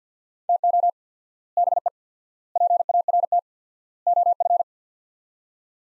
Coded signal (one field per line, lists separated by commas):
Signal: Morse code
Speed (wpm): 50 wpm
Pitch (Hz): 700 Hz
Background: none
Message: TO BE PART OF